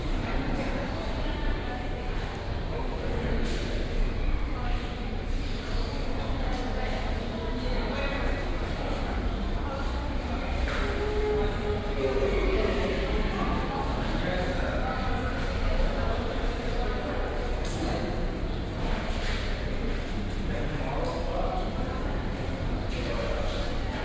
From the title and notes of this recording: Under The Arches At Parc Guell. Here's another recordings from a visit to Barcelona in June 2006. Recorded at Parc Guell, this takes in some of the general atmosphere.